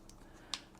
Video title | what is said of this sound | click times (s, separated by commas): Samsung Official Clear View Cover for Galaxy S6 Edge-Black Sapphire | snap it right in snaps right in along the edges | 0.5 s